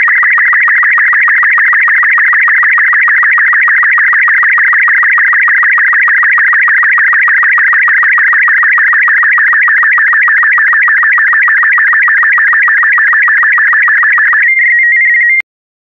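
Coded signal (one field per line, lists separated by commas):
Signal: SSTV (slow-scan television)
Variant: Robot36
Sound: rapid warbling whine with steady ticking sync pulses, ending in short stepped beeps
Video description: This video has been specially made to be decoded using the SSTV Robot36 format.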